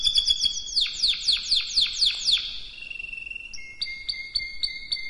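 Canary song: a rapid series of loud falling whistled notes, then a held flat note and evenly spaced short chirps.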